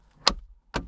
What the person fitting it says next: once you hear that click it's good